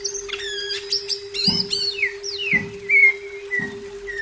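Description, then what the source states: Leafbird singing bright high whistles and falling slurred notes, punctuated by three soft thuds and a constant low hum. Labelled Cucak Ijo 'Daun Kecil'.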